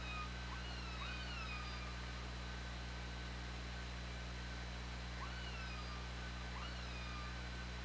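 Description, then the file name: Killer whale calls, upswept harmonic tones near the start and again later, each rising then flattening, against a continuous low hum. Picked up by an OrcaLab hydrophone on 24 August 2017, around 20:17. "Orca Lab UTLN JASON 20170824 201729"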